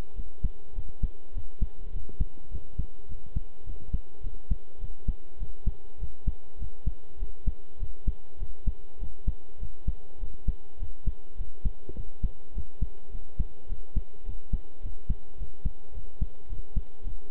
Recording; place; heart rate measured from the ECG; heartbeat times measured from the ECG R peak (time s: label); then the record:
heart sounds by stethoscope; between the tricuspid and mitral areas; 103 bpm
0.14 s: heartbeat
0.73 s: heartbeat
1.32 s: heartbeat
1.91 s: heartbeat
2.50 s: heartbeat
3.07 s: heartbeat
3.64 s: heartbeat
4.21 s: heartbeat
4.79 s: heartbeat
5.37 s: heartbeat
5.98 s: heartbeat
6.57 s: heartbeat
7.18 s: heartbeat
7.78 s: heartbeat
8.37 s: heartbeat
8.98 s: heartbeat
9.58 s: heartbeat
10.18 s: heartbeat
10.77 s: heartbeat
11.36 s: heartbeat
11.94 s: heartbeat
12.53 s: heartbeat
13.10 s: heartbeat
13.67 s: heartbeat
14.24 s: heartbeat
14.80 s: heartbeat
15.37 s: heartbeat
15.93 s: heartbeat
16.47 s: heartbeat
17.02 s: heartbeat
From the record:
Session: pedaling a stationary bicycle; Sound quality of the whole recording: good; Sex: male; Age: 23 years